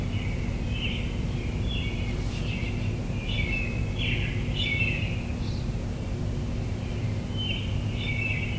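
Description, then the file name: Bird twittering in repeated short bursts, bright chirpy phrases over a steady low background drone. Recorded in the morning. "admiralbob 77-bird sounds in the morning"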